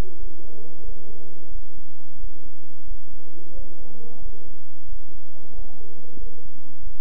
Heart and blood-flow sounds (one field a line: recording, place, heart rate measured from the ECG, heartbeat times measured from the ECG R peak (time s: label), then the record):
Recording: heart sounds by stethoscope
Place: between the tricuspid and mitral areas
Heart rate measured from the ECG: 90 bpm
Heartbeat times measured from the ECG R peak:
0.16 s: heartbeat
0.81 s: heartbeat
1.48 s: heartbeat
2.17 s: heartbeat
2.84 s: heartbeat
3.52 s: heartbeat
4.19 s: heartbeat
4.85 s: heartbeat
5.52 s: heartbeat
6.16 s: heartbeat
6.80 s: heartbeat
From the record:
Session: bicycle stress test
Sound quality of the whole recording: good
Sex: male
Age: 26 years